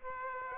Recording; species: mosquito wingbeat signal from an infrared sensor; Aedes aegypti